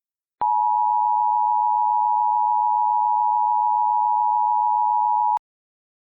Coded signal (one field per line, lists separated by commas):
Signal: Emergency Alert System (SAME) tones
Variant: 853 and 960 Hz attention tone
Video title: EAS Scenario: Integrated